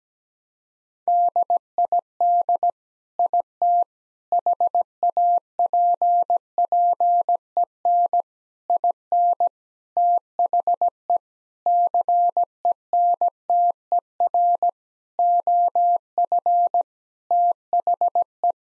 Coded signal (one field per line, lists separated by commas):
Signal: Morse code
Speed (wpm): 17 wpm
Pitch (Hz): 700 Hz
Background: none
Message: DID IT HAPPEN IN THE CENTER OF THE